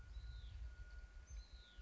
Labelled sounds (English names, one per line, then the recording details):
Hutton's Vireo
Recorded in Sonoma County, California